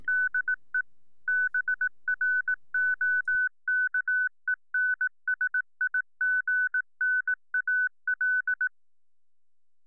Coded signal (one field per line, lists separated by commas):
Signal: Morse code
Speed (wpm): 18 wpm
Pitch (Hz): 1500 Hz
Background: none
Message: DE BROKENSIGNAL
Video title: Adding VFO to Forty-9er QRP CW and FLDIGI Keying